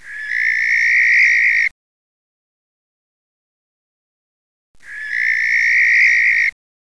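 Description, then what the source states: Barn owl screeching twice, each hoarse, drawn-out shriek near two seconds long and separated by about three seconds of silence. Male.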